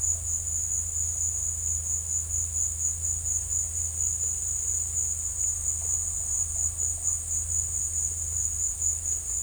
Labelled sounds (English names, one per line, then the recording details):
none
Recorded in secondary vegetation near Puerto Asís, Putumayo, Colombia, on 18 December 2024 at 15:00
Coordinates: 0.481, -76.318
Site G042